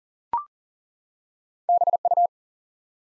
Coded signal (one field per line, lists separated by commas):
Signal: Morse code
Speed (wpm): 42 wpm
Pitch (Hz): 700 Hz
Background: none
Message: BU